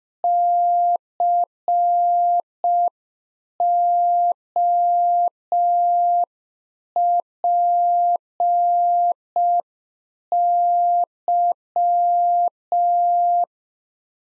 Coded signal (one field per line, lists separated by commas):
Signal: Morse code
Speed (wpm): 5 wpm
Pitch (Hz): 700 Hz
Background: none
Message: COPY